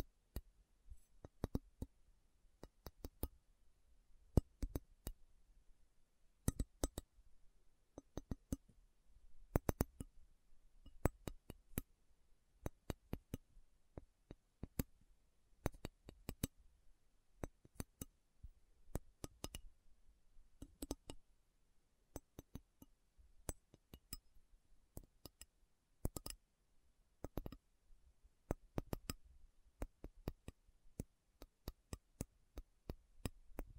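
Metal is tapped slowly and unevenly, sharp bright clinks arriving every half second or so, sometimes in quick pairs, over near silence.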